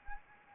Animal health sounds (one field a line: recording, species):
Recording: mosquito wingbeat signal from an infrared sensor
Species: Anopheles arabiensis